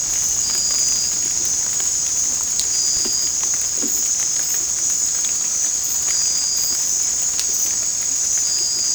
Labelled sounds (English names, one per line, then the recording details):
none
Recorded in secondary vegetation near Puerto Asís, Putumayo, Colombia, on 22 December 2024 at 19:30
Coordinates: 0.481, -76.318
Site G042